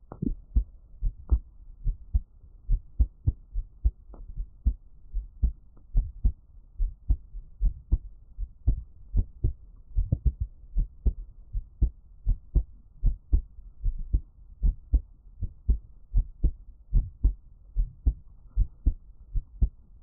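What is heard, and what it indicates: Soft, low thumps repeat steadily at about 75 beats a minute, often in lub-dub pairs, with a faint low hum underneath. This is an adult's own heartbeat, captured up close as ASMR for listening on headphones, with no talking.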